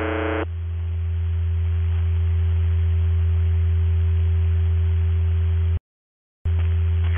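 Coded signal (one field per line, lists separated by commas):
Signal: channel marker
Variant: UVB-76, The Buzzer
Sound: harsh low droning buzz for about five seconds, short silence, then buzzing resumes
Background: radio static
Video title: [UVB-76, The Buzzer] Voice Message; 19. October 2020, 10:47 UTC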